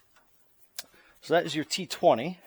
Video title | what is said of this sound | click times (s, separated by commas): Ford Escape Air Filter, O2 Sensor & Throttle Body Maintenance in under 10 Minutes, 2001-2012 3L V6 | push it down make sure it clicks back in place and then put the lock back down | 0.8 s